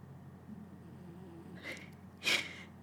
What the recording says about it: Do you hear that little snoring? I thought there was like a bee buzzing or something. My little kitty is asleep next to me. She sleeps right next to my desk while I work and she's snoring so loud.